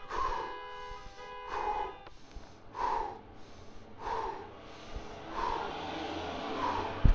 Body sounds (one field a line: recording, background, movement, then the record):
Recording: deep breathing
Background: traffic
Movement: sitting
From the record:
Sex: male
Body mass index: 22.0 kg/m2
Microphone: on the chest, facing outward